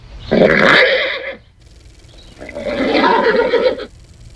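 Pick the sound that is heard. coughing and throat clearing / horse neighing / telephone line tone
horse neighing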